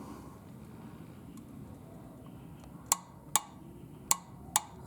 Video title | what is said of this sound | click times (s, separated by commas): 2014 Corolla Oil Change - cartridge filter | That's it. As soon as that torque wrench clicks, you're done. | 4.6 s